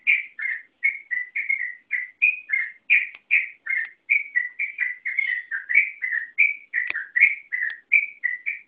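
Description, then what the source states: Yellow-vented bulbul song: a continuous run of whistled notes, each slurring up or down, for the full length with no break. Local name trucukan; song style called ropel panjang.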